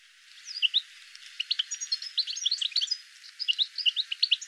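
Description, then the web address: Bird chirps: quick high twittering notes in loose bursts, with some brief pauses. "cianscape birddata Deverinetal 2025 File cleaned normalized Bird"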